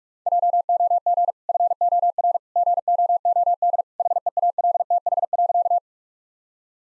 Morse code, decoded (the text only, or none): JOG FOR GOOD HEALTH.